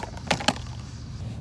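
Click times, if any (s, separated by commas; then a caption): 0.3 s, 0.5 s. A new paper oil filter cartridge is pushed down into the plastic filter housing cap of a 2023 Toyota Tacoma TRD Off-Road during an oil change. Two sharp clicks are heard at 0.3 and 0.5 seconds over a low background hum, with a couple of fainter taps around them. The cartridge is seated in the housing cap.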